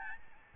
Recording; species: mosquito wingbeat signal from an infrared sensor; Aedes albopictus